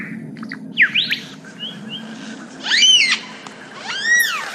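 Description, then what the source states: Lyrebird song with sharp, sweeping whistled notes and descending arched phrases, separated by short pauses, over a faint low hum. Sherbrooke Forest, Victoria; sent in by listener Izzy Taylor.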